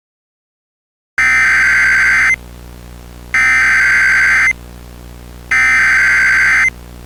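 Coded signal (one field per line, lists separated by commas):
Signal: Emergency Alert System (SAME) tones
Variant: header bursts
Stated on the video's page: Mock EAS scenario.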